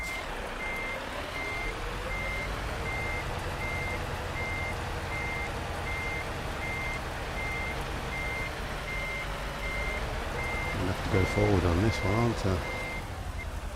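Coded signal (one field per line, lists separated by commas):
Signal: none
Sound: truck reversing beeps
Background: speech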